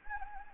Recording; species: mosquito wingbeat signal from an infrared sensor; Anopheles gambiae